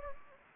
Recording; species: mosquito wingbeat signal from an infrared sensor; Anopheles gambiae